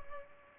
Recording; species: mosquito wingbeat signal from an infrared sensor; Culex pipiens